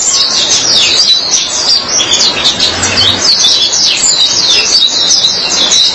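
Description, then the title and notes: White-eye song: dense, fast, high-pitched warbling twitters running unbroken, with a brief low hum in the middle. Chirping song. "Suara kicauan burung pleci"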